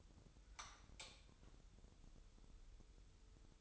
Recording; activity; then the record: daily activity, microphone in the room; light on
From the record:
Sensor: 3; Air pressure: 988.4 hPa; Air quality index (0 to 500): 192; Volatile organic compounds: 279 ppm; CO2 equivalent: 4434 ppm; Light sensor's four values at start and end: 8/19/7/8 and 10/28/11/11